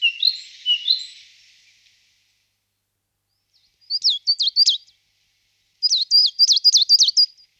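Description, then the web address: Marsh tit singing, opening with a few sweet whistled notes, then two bursts of rapid repeated high chip notes after a pause. "Sumpmejse"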